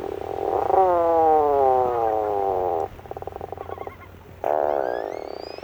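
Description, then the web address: Puffin call: a long, low, groaning moan that slowly descends, then a softer purring rattle, then another loud groan starts up. "BIRD NOTE. In Winter Puffins Lead Very Different Lives"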